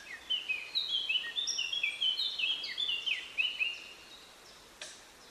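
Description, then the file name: Eurasian blackcap singing a busy, hurried warble of sliding and chattering high notes for about four seconds, then a single sharp click before quiet. "Sylvia atricapilla"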